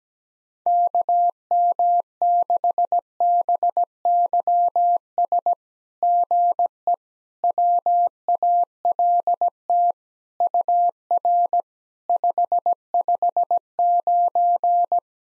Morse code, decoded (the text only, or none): KM6BYS GE WALT UR 559